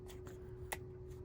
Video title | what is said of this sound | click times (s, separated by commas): Torras Ostand Q3 Air Case and TOCOL Screen Protector Install and Preview | namely because this rotation ring does not lock adequately into its lock points. You heard the snapping, | 0.7 s